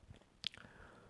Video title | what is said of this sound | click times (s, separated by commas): Giro Aerohead MIPS review | it snaps into place right away so very neatly designed | 0.5 s